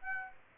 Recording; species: mosquito wingbeat signal from an infrared sensor; Aedes aegypti